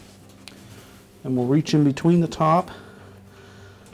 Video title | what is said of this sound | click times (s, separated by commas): GE Washer Repair – How to replace the Hub Washer | keeping the wire harness towards the front I'll hook it in and then press down on the back of it till it snaps into place | 0.5 s